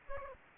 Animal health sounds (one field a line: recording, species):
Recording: mosquito wingbeat signal from an infrared sensor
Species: Aedes aegypti